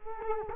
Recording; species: mosquito wingbeat signal from an infrared sensor; Culex quinquefasciatus